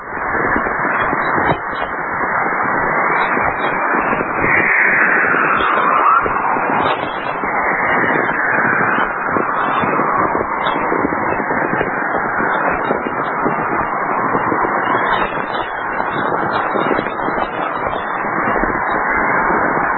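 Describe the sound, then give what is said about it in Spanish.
A steady wash of crackling radio static from very low-frequency natural emissions of an aurora borealis in Manitoba, interacting with the solar wind, with a faint whistling tone sliding downward in pitch partway through. No voices. “Es el silbido, los cánticos de una aurora boreal.”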